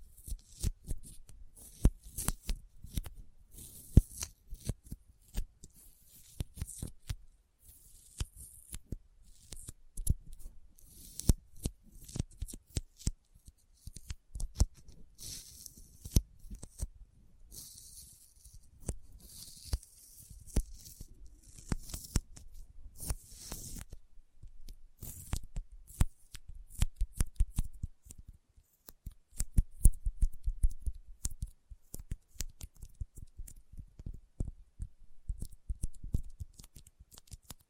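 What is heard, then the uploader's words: Sticky fingers tap and peel apart in rapid, irregular bursts of sharp crackling clicks that run throughout the 38 seconds. The clicks come densely, sometimes in quick flurries, with a bright tacky hiss between them and brief quieter gaps around 13 and 26 seconds. ASMR Intense Sticky Finger Sounds (No Talking).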